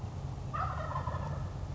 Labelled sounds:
Wild Turkey (Meleagris gallopavo)
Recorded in Sonoma County, California

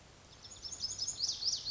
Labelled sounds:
Pacific Wren (Troglodytes pacificus)
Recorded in Sonoma County, California

